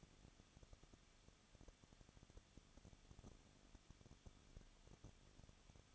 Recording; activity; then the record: daily activity, microphone in the room; no activity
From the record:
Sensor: 4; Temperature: 23.0 degrees Celsius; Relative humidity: 34.6%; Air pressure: 1007.2 hPa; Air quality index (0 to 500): 216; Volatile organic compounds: 15 ppm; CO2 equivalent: 2500 ppm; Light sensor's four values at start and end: 2/3/1/1 and 2/3/1/1